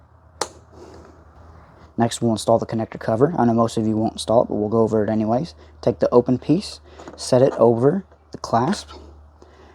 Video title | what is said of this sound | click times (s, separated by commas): Santa Fe Low Beam Bulb Replacement (Hyundai 2007 - 2012) | grab your electrical connector, push it till it clicks. | 0.4 s